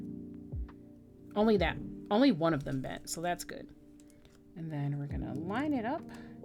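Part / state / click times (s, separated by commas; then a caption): mechanical key switch into keyboard plate and hotswap PCB / not seated / none. A mechanical keyboard switch, one of its bent pins just straightened, is lined up over a thin PC plate and hotswap sockets while someone talks over background music. A few faint, brief ticks come from the handling, but the switch hasn't been pressed in, and nothing has seated or clicked yet.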